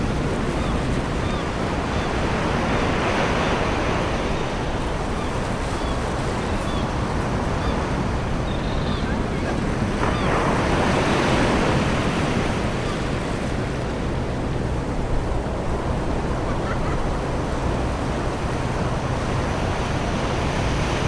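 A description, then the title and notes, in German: A steady wash of surf on a summer beach, dense and full in the low and middle range with no pauses. Soft swells rise around three and eleven seconds as waves break, and a faint murmur of voices sits beneath the roar. Sommerliche Gelassenheit am Strand. Die Wellen erzeugen einen beruhigenden Chor, der harmonisch mit dem gelegentlichen Lachen derer verschmilzt, die die Schönheit dieses abgeschiedenen Paradieses genießen.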